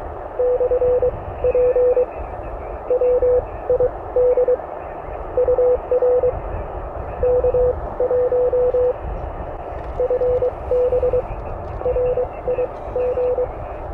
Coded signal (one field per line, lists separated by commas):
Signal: Morse code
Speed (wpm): 23 wpm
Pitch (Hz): 500 Hz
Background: none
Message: /P WID UR K1 FB RIG